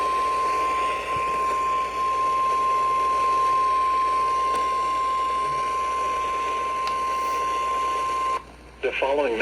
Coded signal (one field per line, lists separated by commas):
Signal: Emergency Alert System (SAME) tones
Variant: 1050 Hz attention tone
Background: speech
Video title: Flash Flood Warning On WEGX-FM EAS #5491